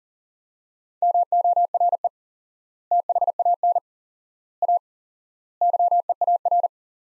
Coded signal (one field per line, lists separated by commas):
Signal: Morse code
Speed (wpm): 40 wpm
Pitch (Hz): 700 Hz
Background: none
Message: MORE THAN A YEAR